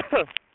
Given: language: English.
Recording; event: throat vibration sensor signal played as sound; cough